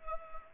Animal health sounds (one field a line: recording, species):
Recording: mosquito wingbeat signal from an infrared sensor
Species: Culex pipiens